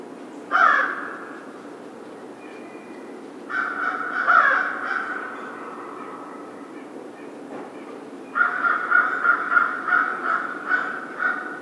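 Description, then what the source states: American crow giving harsh cawing calls: a single caw, then a short burst, then a longer fast run of repeated caws near the end. 1 February 2010.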